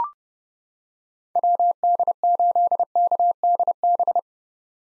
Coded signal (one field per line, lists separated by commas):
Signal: Morse code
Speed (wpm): 30 wpm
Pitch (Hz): 700 Hz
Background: none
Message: WD8KDB